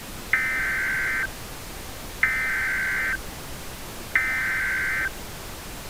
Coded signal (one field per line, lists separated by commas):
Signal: Emergency Alert System (SAME) tones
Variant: header bursts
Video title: Tornadic Train Wreck | EAS Mock #26